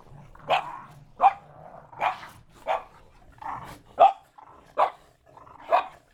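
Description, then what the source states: Dog barking in eight short sharp barks at a steady pace, with soft breathing between. Dog panting and barking.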